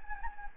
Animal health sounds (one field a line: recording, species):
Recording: mosquito wingbeat signal from an infrared sensor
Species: Anopheles gambiae